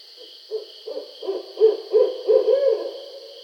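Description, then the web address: Barred owl call: hoots start soft and grow louder, several in quick succession, finishing with a lingering drawn-out hoot; faint hiss throughout. Recorded 20 July 2012. "Barred Owl 2012 07 20 Barred Owl 01"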